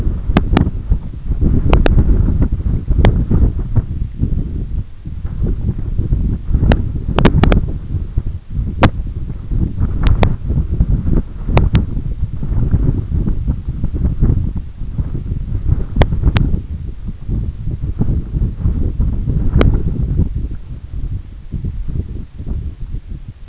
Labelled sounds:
none
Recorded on Arctic tundra, site EABA-1, on 20 June 2018
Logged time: 18:00

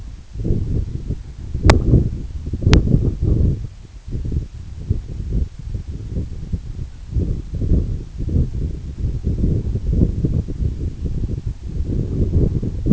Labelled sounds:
none
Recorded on Arctic tundra, site EABA-1, on 26 June 2018
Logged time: 08:00

